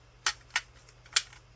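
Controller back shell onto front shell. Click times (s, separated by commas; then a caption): 0.3 s, 0.6 s, 1.2 s. During reassembly of a PS5 controller after fixing its O button by cleaning gunk off the back of a connector, the plastic back shell is started in at one end and pressed onto the front shell. Three sharp, bright plastic snaps sound at 0.3, 0.6 and 1.2 seconds, with a few faint ticks between them. The back shell snaps into place and is seated.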